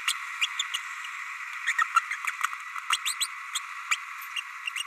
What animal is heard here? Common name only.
Green-rumped Parrotlet